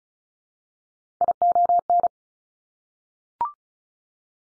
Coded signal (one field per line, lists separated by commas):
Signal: Morse code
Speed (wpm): 36 wpm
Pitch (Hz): 700 Hz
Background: none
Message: ION